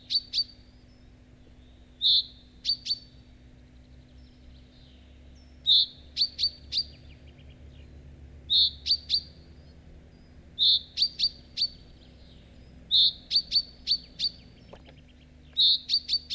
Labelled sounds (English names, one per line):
Common Chaffinch